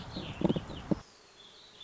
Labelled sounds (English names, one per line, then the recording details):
Warbling Vireo
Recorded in Sonoma County, California